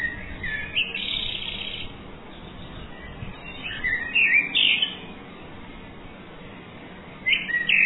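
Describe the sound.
A bird sings three separate bursts of high, scratchy warbling, with pauses of two to three seconds between them.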